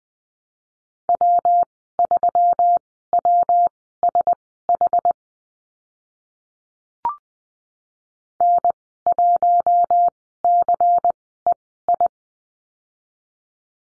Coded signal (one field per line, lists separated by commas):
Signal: Morse code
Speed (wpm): 20 wpm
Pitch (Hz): 700 Hz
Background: none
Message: W3WSH N1CEI